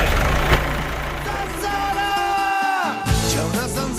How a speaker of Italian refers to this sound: Mi accendo la macchina e me ne vado.